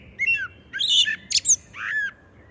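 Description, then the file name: Common blackbird giving a short song phrase: low flutey whistles mixed with sharp, high squeaky notes, then a final dropping whistle. "Turdus merula"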